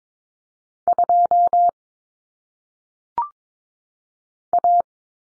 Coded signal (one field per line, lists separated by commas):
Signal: Morse code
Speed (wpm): 22 wpm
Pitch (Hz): 700 Hz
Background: none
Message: 2 A